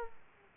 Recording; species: mosquito wingbeat signal from an infrared sensor; Aedes aegypti